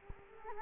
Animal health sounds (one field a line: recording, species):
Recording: mosquito wingbeat signal from an infrared sensor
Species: Culex quinquefasciatus